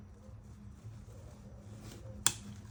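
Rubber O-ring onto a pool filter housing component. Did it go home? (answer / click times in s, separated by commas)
yes / 2.3 s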